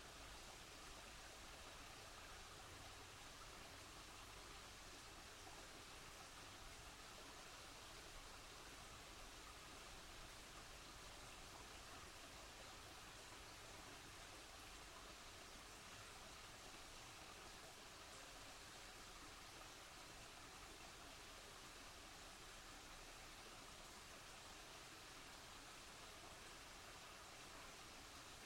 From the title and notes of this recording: Belmont Woods. I found myself home in the woods of Belmont, Vermont this week. I slept like a baby to the sounds of the stream and trees in my backyard.